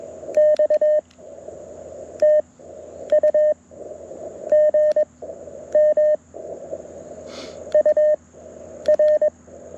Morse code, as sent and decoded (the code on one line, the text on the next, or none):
-..- / - ..- / --. -- / ..- .-.
X TU GM UR